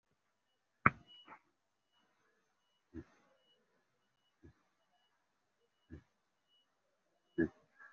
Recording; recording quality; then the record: shallow breathing; excellent, no background noise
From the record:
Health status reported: recovered from COVID-19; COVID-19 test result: positive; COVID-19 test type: RT-PCR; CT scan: taken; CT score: 0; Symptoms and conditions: cough, cold, breathing difficulty, fatigue, muscle pain, asthma, chronic lung disease, pneumonia, another respiratory illness, hypertension, another condition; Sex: male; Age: 54 years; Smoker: yes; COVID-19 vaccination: both doses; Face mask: worn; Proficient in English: no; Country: India